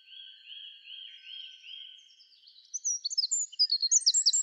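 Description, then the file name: Eurasian wren: songbird phrases, soft repeated lower whistles at first, then a loud burst of fast, shrill high notes and trills. "Troglodytes troglodytes"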